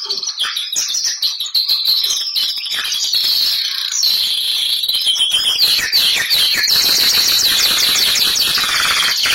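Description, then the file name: Canary song: a loud, continuous run of fast rolling trills and chattering phrases, high-pitched and dense, shifting between buzzy rattles and clearer warbled notes without pause. Bernois canary song. "canto do canario bernois"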